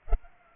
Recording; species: mosquito wingbeat signal from an infrared sensor; Culex pipiens